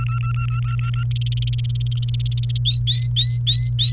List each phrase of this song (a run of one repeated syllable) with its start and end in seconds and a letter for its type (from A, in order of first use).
0.00-1.04 A, 1.11-2.58 B, 2.65-3.92 C